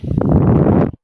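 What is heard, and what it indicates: A single rushing, airy whoosh lasts just under a second, mostly low-pitched and steady, then cuts off abruptly. It is the sound of a person's own mechanical ventilator pushing air, the operating noise of the breathing machine.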